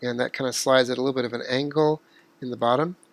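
A plastic back cover is being slid in at an angle at the bottom of an HTC One phone to protect the SIM card, while someone talks throughout. No clicks are heard, and the cover has not snapped on or seated yet.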